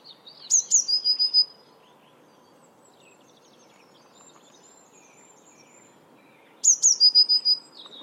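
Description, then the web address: Eurasian blue tit song, twice about six seconds apart: each a pair of very high notes into a fast trill, with faint chirps between. "cianscape. Deverinetal"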